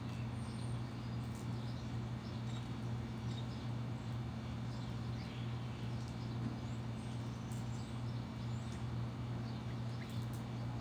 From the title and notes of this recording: Sunday morning mist in my backyard in Phoenix Arizona. There’s a gentle hum from our heat pump that stays on throughout the session that is an excellent brownian-type noise. The neighborhood sounds, the birds chirping.